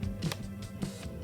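The extending outrigger arm in the chassis of a LEGO City mobile crane, a plastic brick set, is moved out over a steady low tonal background. A sharp, brief click at 0.3 s marks the arm seating in its extended position.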